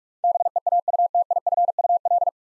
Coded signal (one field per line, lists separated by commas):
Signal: Morse code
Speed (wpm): 46 wpm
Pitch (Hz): 700 Hz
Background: none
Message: BEAUTIFUL